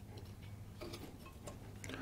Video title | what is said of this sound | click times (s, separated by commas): How To Change Front & Rear Brakes 2007-2015 Chevy Impala FAST | now these are your brake pads and these just pop right off boom | 1.8 s